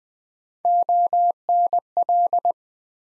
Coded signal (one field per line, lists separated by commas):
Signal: Morse code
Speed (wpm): 20 wpm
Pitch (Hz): 700 Hz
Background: none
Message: ONL